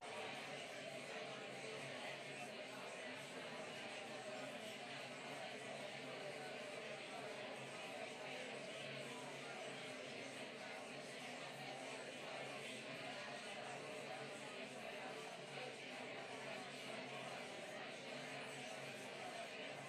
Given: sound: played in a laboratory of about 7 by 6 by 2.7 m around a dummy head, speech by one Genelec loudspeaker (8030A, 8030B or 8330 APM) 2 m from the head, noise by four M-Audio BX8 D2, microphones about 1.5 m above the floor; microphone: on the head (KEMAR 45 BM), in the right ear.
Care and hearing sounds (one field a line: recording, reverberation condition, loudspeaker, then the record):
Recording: babble noise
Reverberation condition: medium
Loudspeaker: four, about 170 cm from the corners of the room and facing them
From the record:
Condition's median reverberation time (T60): about 510 ms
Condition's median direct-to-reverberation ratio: about -0.5 dB